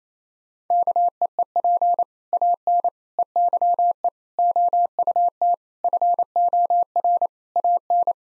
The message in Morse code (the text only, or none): KEEP AN EYE OUT FOR AN